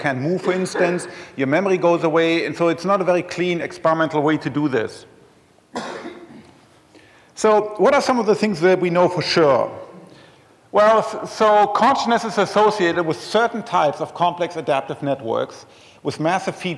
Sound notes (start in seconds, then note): 0.4 laughter; 5.7 cough